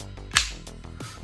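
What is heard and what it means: A metal gas magazine is pushed into the grip of a Lancer Tactical Hi Capa LTX6 airsoft pistol until it latches, giving a sharp, bright click at 0.4 s. Softer handling taps surround it, and the magazine is seated in place.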